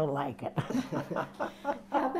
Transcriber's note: they laugh